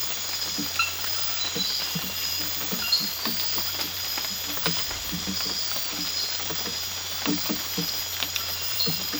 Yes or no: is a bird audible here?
no